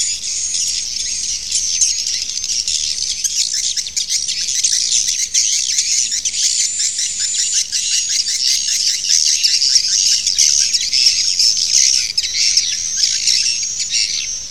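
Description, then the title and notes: Swiftlets chirping nonstop: a continuous wash of high, buzzy, rapidly pulsed twitters with no clear pauses. Swiftlet sound used in swiftlet farming in Asia. "Swiflet Bird Sound. Farming Swiflet Bird asia sound"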